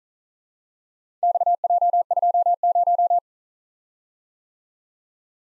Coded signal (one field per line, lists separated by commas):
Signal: Morse code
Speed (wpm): 38 wpm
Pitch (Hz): 700 Hz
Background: none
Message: XJ20